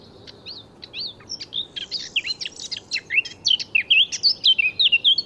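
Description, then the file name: Eurasian blackcap song: a fast scratchy warble that turns into clear, loud fluted whistles, rapid notes sliding up and down through the phrase. "Sylvia atricapilla"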